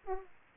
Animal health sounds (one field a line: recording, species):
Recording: mosquito wingbeat signal from an infrared sensor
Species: Aedes aegypti